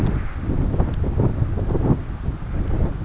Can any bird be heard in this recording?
no